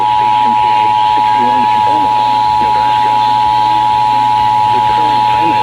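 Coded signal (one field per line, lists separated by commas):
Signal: Emergency Alert System (SAME) tones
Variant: 853 and 960 Hz attention tone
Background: speech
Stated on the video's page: A Nebraska Required Monthly Test, with the weather radio station's ID heard during the second EBS tone.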